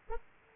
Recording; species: mosquito wingbeat signal from an infrared sensor; Aedes aegypti